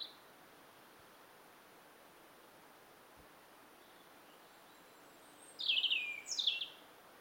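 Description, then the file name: European robin giving a brief, high twittering phrase of two quick descending notes after several seconds of quiet background hiss. "Erithacus rubecula"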